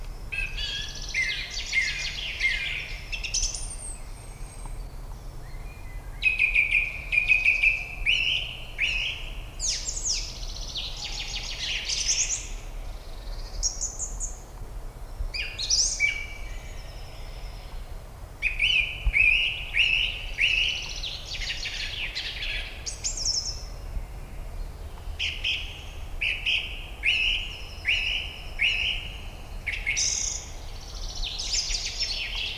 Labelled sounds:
Song Thrush (Turdus philomelos) song
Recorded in the wild
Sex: male
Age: adult
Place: Ebrach, Bayern, DE
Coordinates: 49.8481, 10.4878
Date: 1962-04-17
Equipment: Stellavox SM 5, Original, Vollspur
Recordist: Tretzel, Erwin

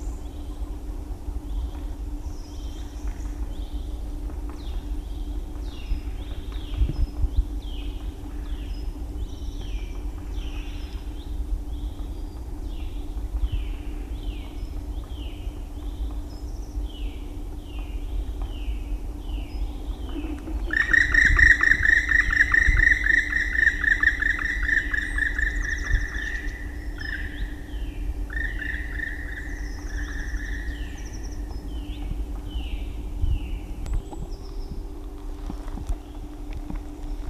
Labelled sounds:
Black Woodpecker (Dryocopus martius)
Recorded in the wild
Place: Klein Süstedt, DE
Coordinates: 52.935, 10.4736
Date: 1970-03-23
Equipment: Uher Report 4200, AKG D190C in Doppel-Parabolreflektor
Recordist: Krey, Winfried

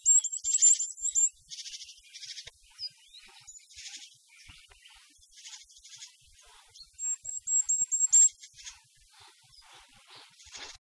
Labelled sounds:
Great Tit (Parus major)
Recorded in the wild
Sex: diverse
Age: diverse
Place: Erlangen, Bayern, DE
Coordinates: 49.5644, 11.0131
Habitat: spruce high forest
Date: 1963-05-30
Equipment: Nagra, AKG D19/200, Parabolspiegel Grampian, Original, Vollspur
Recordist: Tretzel, Erwin

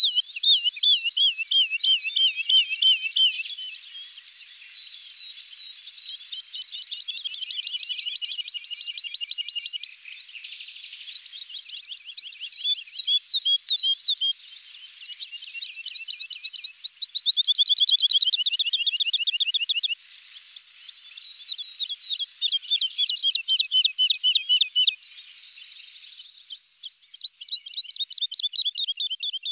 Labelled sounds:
Wood Lark (Lullula arborea) song
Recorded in the wild
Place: St. Laurent des Arbres und Umgebung, FR
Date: 2008-05-16
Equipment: MiniDisc Sharp MT 20 H
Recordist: Schwarz, Dieter
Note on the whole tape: Song

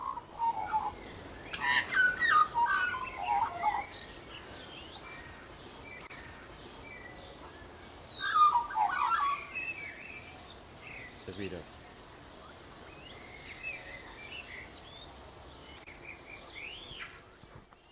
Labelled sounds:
Australian Magpie (Gymnorhina tibicen)
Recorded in captivity
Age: adult
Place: Zoo Berlin, Berlin, DE
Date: 1992-05-09 12:06
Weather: wolkig, 11-14°C
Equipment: Nagra SN, Mikrofon AKG CK 8, Kopie Tesla B 116
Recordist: Tembrock, Günter

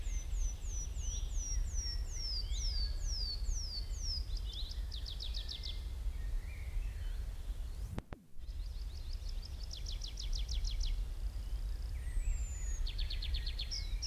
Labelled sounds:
Tree Pipit (Anthus trivialis) song
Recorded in the wild
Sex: male
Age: adult
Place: Mühlenbecker Wald, Brandenburg, DE
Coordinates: 52.6894, 13.395
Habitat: mixed forest
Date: 1975-05-11 11:10
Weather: overcast, 20°C, no wind
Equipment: Uher CR 210, Sennheiser MD 421, Verstärker, Kopie Uher 4200
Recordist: Tembrock, Günter

